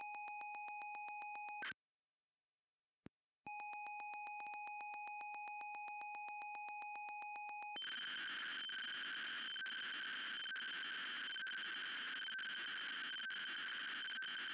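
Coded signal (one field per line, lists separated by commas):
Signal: ZX Spectrum tape loading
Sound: steady buzzing pilot tone, a pause with a click, pilot tone again, then screeching data warble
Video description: The noise you hear is actually the cassette tape communicating its code into the Spectrum.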